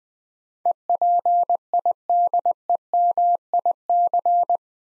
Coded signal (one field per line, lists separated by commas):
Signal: Morse code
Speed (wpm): 20 wpm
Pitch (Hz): 700 Hz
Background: none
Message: EPIDEMIC